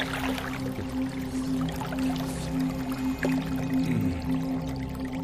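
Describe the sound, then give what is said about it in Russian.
Water is scooped up and drunk, with wet sloshing, gurgles and small drips over a steady low hum, and no voices. “Интересно, а какая местная вода на вкус?”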